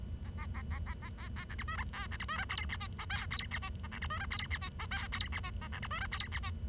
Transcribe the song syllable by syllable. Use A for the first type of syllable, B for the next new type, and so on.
A A A A A A B A C D E F B C D E F G H I J K G H I A C D E F G H I J K G H I A C D E F G H I